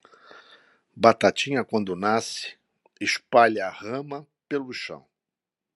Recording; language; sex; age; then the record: short text; Brazilian Portuguese; male; 60 to 69 years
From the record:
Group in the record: control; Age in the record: 67 years